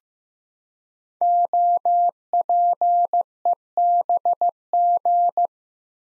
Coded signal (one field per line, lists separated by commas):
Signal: Morse code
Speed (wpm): 15 wpm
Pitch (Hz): 700 Hz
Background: none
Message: OPEBG